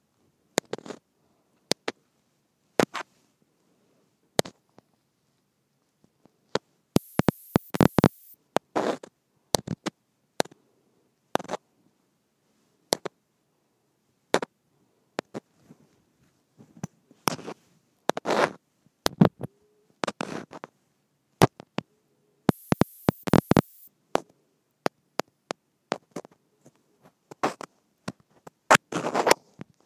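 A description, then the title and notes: A microphone taps against plastic in sharp, dry clicks, some single and spaced, others in quick rattling bursts, notably around 7–8 and 23–24 seconds. Between taps it is nearly silent, with a faint low rumble underneath. Microphone Tapping Against Plastic.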